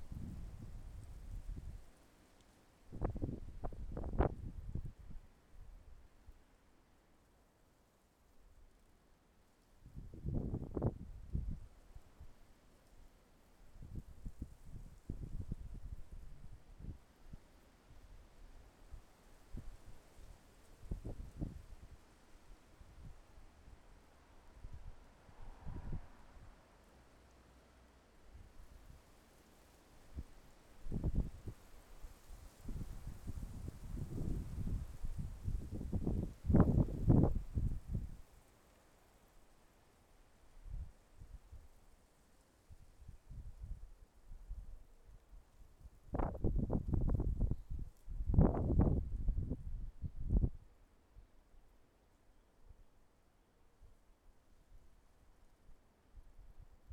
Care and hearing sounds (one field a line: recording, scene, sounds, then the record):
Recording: everyday scene through a hearing-aid microphone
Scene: wind on the microphone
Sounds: wind, traffic, birds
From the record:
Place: suburban garden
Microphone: behind the ear, left, front